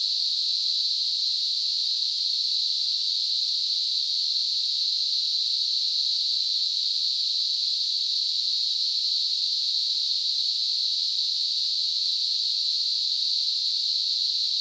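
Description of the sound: Simulated tinnitus: a steady, continuous high-pitched hiss, a narrow band of noise centred around 4 kHz, unchanging in loudness throughout, with nothing in the low frequencies.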